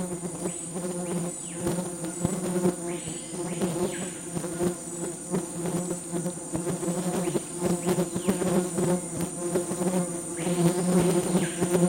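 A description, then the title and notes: A beehive hums up close, a dense, steady drone of many wings holding low pitches, with individual bees swooping past in rising and falling arcs every few seconds. A constant high insect whine sits above, and the swarm grows slightly louder toward the end. Amazon basin - Afternoon to evening - Beehive close up. A beehive in the Amazon rainforest. The second one is pre-dusk when there seem to be a lot of individuals returning to the hive. Recorded with Sony PCM D100 and Lom MikroUsi microphones taped to a cross made of twigs and positioned right at the hive entrance.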